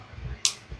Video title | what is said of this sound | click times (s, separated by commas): "Unboxing & Review: JRready 749Pcs Deutsch Connector Kit with Crimp Tool" | I don't know if you guys heard it click but it clicks once and now see it's held on its own | 0.4 s